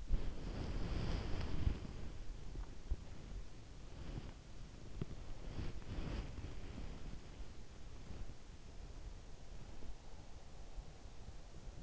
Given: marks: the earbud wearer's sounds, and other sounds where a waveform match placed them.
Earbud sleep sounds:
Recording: sounds in sleep by an in-ear microphone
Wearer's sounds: body movement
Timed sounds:
0.00-11.83 s: body movement

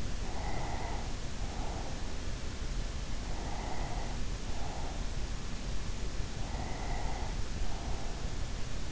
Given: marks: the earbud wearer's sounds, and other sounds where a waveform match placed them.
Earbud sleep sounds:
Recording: sounds in sleep by an in-ear microphone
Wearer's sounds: breath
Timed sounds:
0.15-2.41 s: breath
3.32-5.44 s: breath
6.52-8.92 s: breath

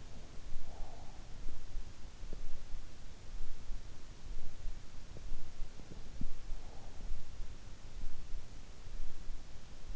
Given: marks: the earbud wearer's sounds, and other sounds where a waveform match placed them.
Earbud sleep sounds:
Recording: sounds in sleep by an in-ear microphone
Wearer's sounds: breath, teeth grinding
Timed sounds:
0.00-1.36 s: breath
5.11-7.05 s: teeth grinding

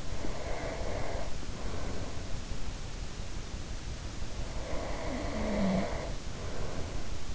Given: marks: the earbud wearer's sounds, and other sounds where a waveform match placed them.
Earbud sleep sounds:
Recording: sounds in sleep by an in-ear microphone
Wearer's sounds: breath, snoring breath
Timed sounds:
0.00-2.70 s: breath
4.16-7.21 s: snoring breath

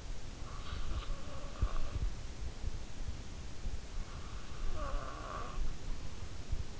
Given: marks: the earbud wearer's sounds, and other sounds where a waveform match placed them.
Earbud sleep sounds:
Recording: sounds in sleep by an in-ear microphone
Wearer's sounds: breath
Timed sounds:
0.21-2.39 s: breath
4.06-6.49 s: breath

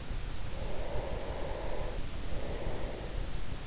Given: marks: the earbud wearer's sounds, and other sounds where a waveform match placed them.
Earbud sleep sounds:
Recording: sounds in sleep by an in-ear microphone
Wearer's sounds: breath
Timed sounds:
0.48-3.65 s: breath

